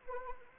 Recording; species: mosquito wingbeat signal from an infrared sensor; Anopheles arabiensis